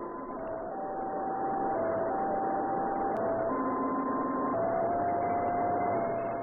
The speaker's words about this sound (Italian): Questo è presso poco il suono della loro sirena. Presso poco perché in realtà si tratta di uno dei più curiosi segnali inviati da un satellite. Ascoltate.